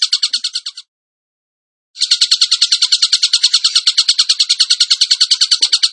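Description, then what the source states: Tembakan bird: a short buzzy rattle, a second of silence, then a long steady rattling trill with regular fast pulses. Tutor (masteran) recording of a Tembakan bird in full song (gacor).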